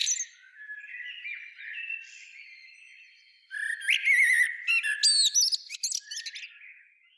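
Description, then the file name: Common blackbird song: soft faint warbles, then a loud fluty phrase at about three and a half seconds ending in rapid high-pitched twitters. "Turdus merula"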